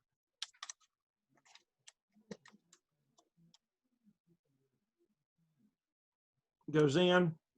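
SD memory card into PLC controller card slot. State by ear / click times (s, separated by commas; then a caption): not seated / none. An SD memory card is slid back into the card slot of a PLC controller, which has a push-push spring latch, making a series of short, light clicks and scrapes during the first few seconds before a quiet stretch. Near the end someone talks. The card has not seated or clicked into place yet.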